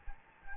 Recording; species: mosquito wingbeat signal from an infrared sensor; Anopheles gambiae